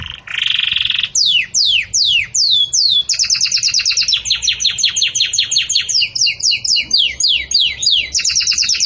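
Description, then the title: Canary song: a buzzy trill, then a run of fast downward-sweeping notes and long rapid repeated trills, continuous throughout. Belgian canary song used for training chicks (encarte de filhotes); style described as campainha. "Belíssimo Canto Do Canário Belga Campainha Para Encarte De Filhotes"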